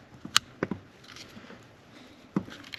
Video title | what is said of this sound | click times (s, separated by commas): Replace Brake Light Switch—88-93 OBS CHEVY TRUCK — FIX CODE 37 | nice satisfying click there that works | 0.4 s